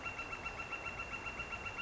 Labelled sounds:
Northern Flicker (Colaptes auratus)
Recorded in Sonoma County, California

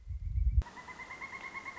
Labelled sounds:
Pileated Woodpecker (Dryocopus pileatus)
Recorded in Sonoma County, California

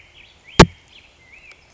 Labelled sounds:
Black-headed Grosbeak (Pheucticus melanocephalus)
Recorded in Sonoma County, California

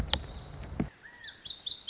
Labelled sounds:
Lazuli Bunting (Passerina amoena)
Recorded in Sonoma County, California

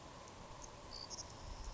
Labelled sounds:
Savannah Sparrow (Passerculus sandwichensis)
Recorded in Sonoma County, California

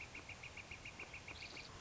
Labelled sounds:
Northern Flicker (Colaptes auratus)
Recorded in Sonoma County, California

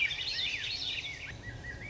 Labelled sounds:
Swainson's Thrush (Catharus ustulatus)
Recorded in Sonoma County, California

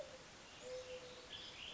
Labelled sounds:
Mourning Dove (Zenaida macroura)
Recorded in Sonoma County, California

